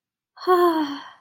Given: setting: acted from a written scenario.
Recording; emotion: vocal sound without words; relief